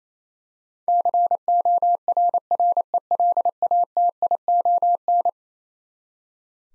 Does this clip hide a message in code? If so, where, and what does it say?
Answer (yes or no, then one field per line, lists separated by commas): yes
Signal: Morse code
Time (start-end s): 0.9-5.3 s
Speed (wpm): 27 wpm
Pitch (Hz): 700 Hz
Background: none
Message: CORRELATION